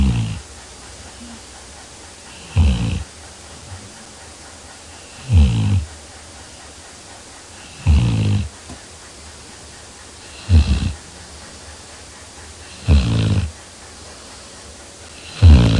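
Deep, rumbling snores come in a steady pattern, one about every two and a half seconds, roughly 23 breaths a minute, with quiet pauses between them. It is ordinary snoring from a sleeping Labrador dog.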